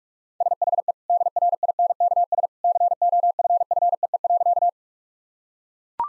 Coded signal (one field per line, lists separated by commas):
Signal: Morse code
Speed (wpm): 41 wpm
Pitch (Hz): 700 Hz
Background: none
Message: SHE DRINKS COFFEE.